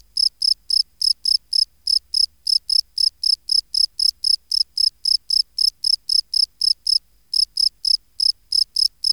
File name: Bio Acoustica. Gryllus campestris